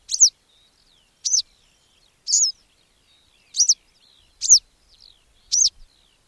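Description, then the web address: Western yellow wagtail giving thin, high, falling single-note calls at roughly one-second intervals, six in total, with faint soft chirps between them. "agykontroll Madardalok Cd 3. Sárga billegető"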